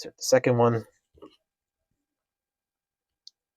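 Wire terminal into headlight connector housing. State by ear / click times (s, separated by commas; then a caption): seated / 3.3 s. Someone talks briefly, then after a pause a second crimped wire terminal is pushed into the plastic headlight connector housing for a 2014–2021 Toyota 4Runner bi-LED projector retrofit. It locks in with a single short, sharp click at 3.3 seconds, seating the terminal.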